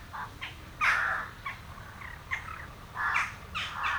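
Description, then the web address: Western jackdaws giving a few scattered harsh calls, one louder squawking note early on and more toward the end, with quieter chatter between. "Effects 02-Birds, Insects Animals. Birds Crown Jackdaws"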